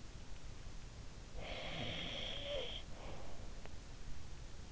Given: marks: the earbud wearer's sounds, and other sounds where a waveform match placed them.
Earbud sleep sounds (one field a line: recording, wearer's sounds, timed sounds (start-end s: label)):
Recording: sounds in sleep by an in-ear microphone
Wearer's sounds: snoring breath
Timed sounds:
1.04-3.83 s: snoring breath